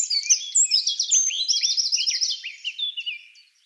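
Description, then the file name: Eurasian wren song: a quick string of bright trilled phrases, shrill and hurried, fading out near the end. "Troglodytes troglodytes"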